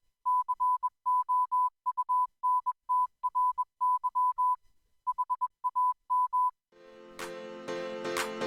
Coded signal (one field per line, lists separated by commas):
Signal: Morse code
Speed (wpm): 21 wpm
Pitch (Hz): 1000 Hz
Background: music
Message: COUNTRY HAM